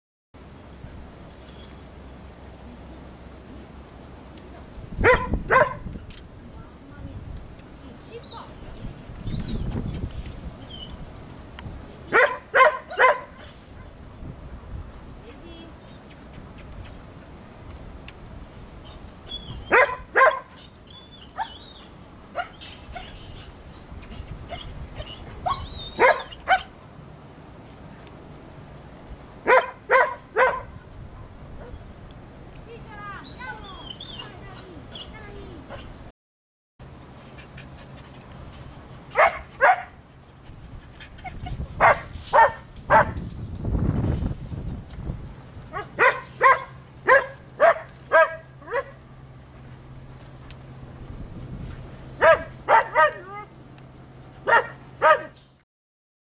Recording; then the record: dog in a test of separation from its owner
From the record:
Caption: A dog is exhibiting signs of severe distress and anxiety; consequently, the owner is asked to come back, and the test is stopped.